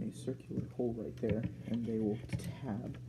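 A circular plastic tab on a transforming toy figure is handled near the matching circular hole it is meant to go into, while someone talks. Nothing has seated or clicked yet; the clip ends just before the tab goes home.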